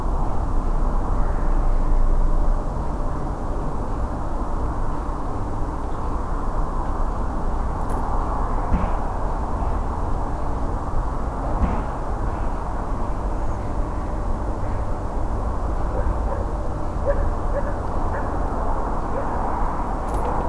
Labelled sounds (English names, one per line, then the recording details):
Redwing
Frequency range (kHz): Redwing 6.4-7.3 kHz
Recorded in France